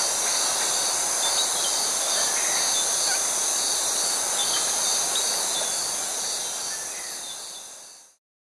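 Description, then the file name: Cicada song: a loud, unbroken high-pitched buzzing drone, steady, then fading out at the end. Tropical forest ambience. "Tropical Forest with cicada and cockatoos"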